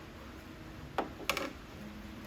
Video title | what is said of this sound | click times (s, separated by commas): Installation of Motorrad Audio's Stage 6 Audio Upgrade Kit For The 2022+ BMW K1600B & Grand America | push down on that tab. You'll hear a little click, and | 1.0 s, 1.3 s